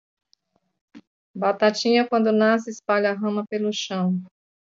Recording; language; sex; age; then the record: short text; Brazilian Portuguese; female; 50 to 59 years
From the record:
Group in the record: control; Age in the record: 58 years